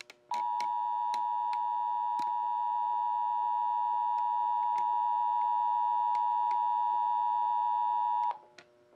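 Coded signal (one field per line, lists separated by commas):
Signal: Emergency Alert System (SAME) tones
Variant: 853 and 960 Hz attention tone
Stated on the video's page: Civil emergency message relayed on a station using Sage Endec, EASyPLUS and TFT units; demonstration, not a real broadcast alert.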